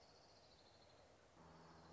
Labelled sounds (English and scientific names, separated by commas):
Orange-crowned Warbler (Leiothlypis celata)